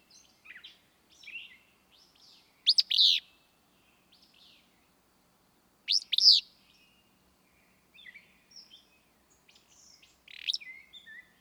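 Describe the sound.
Willow flycatcher song: a hoarse, emphatic phrase about every three to four seconds, separated by brief soft chirps.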